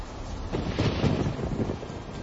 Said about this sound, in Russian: Уже через несколько секунд от раскатов грома сотрясалась земля, порывы ураганного ветра стегали деревья, а небеса проливали на землю обильные потоки дождя.